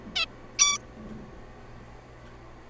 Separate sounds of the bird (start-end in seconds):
0.16-0.26, 0.59-0.78